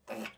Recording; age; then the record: pig call; piglet (1 to 25 days)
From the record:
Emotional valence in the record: negative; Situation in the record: restrain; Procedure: back test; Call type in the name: low-frequency call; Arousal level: low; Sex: male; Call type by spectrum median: low-frequency call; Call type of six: low-frequency stable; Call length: 0.39 s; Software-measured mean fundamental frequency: 55 Hz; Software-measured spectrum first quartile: 434 Hz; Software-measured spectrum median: 987 Hz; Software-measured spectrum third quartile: 2597 Hz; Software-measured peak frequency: 540 Hz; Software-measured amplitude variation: 210 dB a second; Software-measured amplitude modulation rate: 11.6 a second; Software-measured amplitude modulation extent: 18.0 dB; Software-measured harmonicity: 0.8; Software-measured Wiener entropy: -1.19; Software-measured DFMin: 1054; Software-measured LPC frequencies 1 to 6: 561, 1394, 2585, 5200, 6615, 7757 Hz